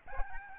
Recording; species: mosquito wingbeat signal from an infrared sensor; Aedes albopictus